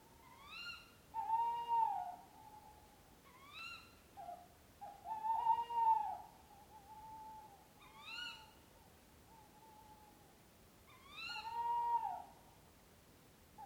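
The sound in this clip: Owl hoots: drawn-out, mid-pitched calls with bright overtones, some rising sharply at the start, given in irregular bouts about every two to three seconds against quiet background hiss.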